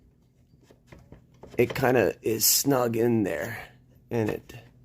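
A lens board with a small rail is handled at the front standard of a large format camera, where it will slide in until it drops into the groove that holds it. A few faint taps and knocks come at 0.9, 1.1, 1.4 s before someone talks over the rest. Nothing has seated or clicked yet.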